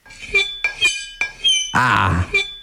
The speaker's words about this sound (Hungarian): Nem beszélve mondjuk arról, amikor kés ér üveghez, ugye a fém és az üveg is viszonylag új vívmány.